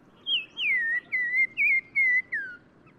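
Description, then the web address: Black-crowned tchagra song of six or seven clear whistles, several sliding downward, given in quick succession over a low background hiss. Recorded in Morocco. "Black-crowned Tchagra. new sound approach title morocco"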